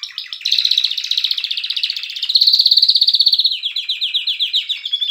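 Canary song made of quick rolling trills that rise slightly, then change to a series of evenly spaced descending notes.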